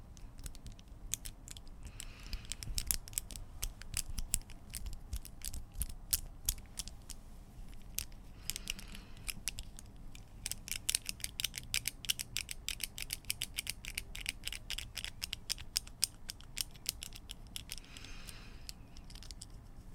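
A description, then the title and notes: Small hard objects rattle and clack continuously as someone rummages through them, with dense bursts of sharp clicks over a low steady rumble. Mainly glass and metals. Rummaging through a bag of nail polish. Gathering up a handful of marbles.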